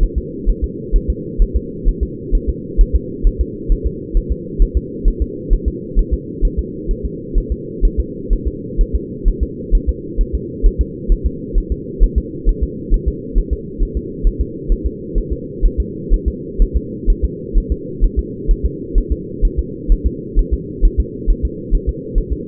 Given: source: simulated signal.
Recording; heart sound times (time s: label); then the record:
fetal heart sounds
0.03 s: S1
0.18 s: S2
0.49 s: S1
0.64 s: S2
0.96 s: S1
1.10 s: S2
1.42 s: S1
1.56 s: S2
1.88 s: S1
2.03 s: S2
2.35 s: S1
2.49 s: S2
2.81 s: S1
2.96 s: S2
3.27 s: S1
3.41 s: S2
3.72 s: S1
3.87 s: S2
4.17 s: S1
4.32 s: S2
4.62 s: S1
4.77 s: S2
5.08 s: S1
5.22 s: S2
5.53 s: S1
5.68 s: S2
5.99 s: S1
6.13 s: S2
6.45 s: S1
6.59 s: S2
6.91 s: S1
7.05 s: S2
7.38 s: S1
7.52 s: S2
7.85 s: S1
8.00 s: S2
8.33 s: S1
8.47 s: S2
8.81 s: S1
8.95 s: S2
9.28 s: S1
9.43 s: S2
9.75 s: S1
9.89 s: S2
10.21 s: S1
10.35 s: S2
10.66 s: S1
10.81 s: S2
11.12 s: S1
11.26 s: S2
11.58 s: S1
11.72 s: S2
12.03 s: S1
12.18 s: S2
12.49 s: S1
12.63 s: S2
12.94 s: S1
13.08 s: S2
13.38 s: S1
13.53 s: S2
13.82 s: S1
13.97 s: S2
14.27 s: S1
14.41 s: S2
14.72 s: S1
14.86 s: S2
15.18 s: S1
15.33 s: S2
15.65 s: S1
15.80 s: S2
16.14 s: S1
16.28 s: S2
16.62 s: S1
16.77 s: S2
17.10 s: S1
17.25 s: S2
17.57 s: S1
17.72 s: S2
18.04 s: S1
18.19 s: S2
18.51 s: S1
18.66 s: S2
18.98 s: S1
19.12 s: S2
19.45 s: S1
19.59 s: S2
19.92 s: S1
20.07 s: S2
20.39 s: S1
20.54 s: S2
20.85 s: S1
21.00 s: S2
21.30 s: S1
21.45 s: S2
21.75 s: S1
21.89 s: S2
22.18 s: S1
22.32 s: S2
From the record:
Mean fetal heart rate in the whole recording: 130 bpm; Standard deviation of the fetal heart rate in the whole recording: 4 bpm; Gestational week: 38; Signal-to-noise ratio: -4.1 dB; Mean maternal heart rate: no maternal heart sound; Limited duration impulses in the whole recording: absent